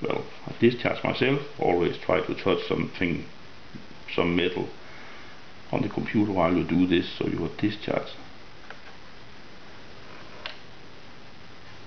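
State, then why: Seated. A laptop SO-DIMM memory module, part of a 32GB RAM upgrade on an 18.4-inch Asus K95/A95 laptop (K95VJ, K95VM, K95V, A95VJ, A95VM, A95V), is pressed down into its slot until the retaining clips engage. Someone talks through the first eight seconds; after a quieter stretch, a short sharp click at 10.5 s marks the module seating into place.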